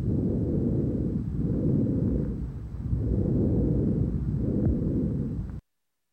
Bronchovesicular murmur lung sounds.